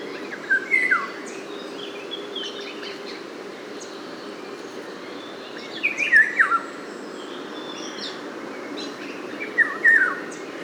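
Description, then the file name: Eurasian golden oriole with short fluty whistled phrases, three brief bursts spaced several seconds apart over a quiet background. "loriot"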